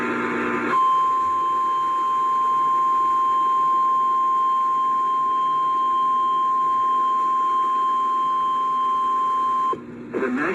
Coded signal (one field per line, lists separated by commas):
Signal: Emergency Alert System (SAME) tones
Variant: 1050 Hz attention tone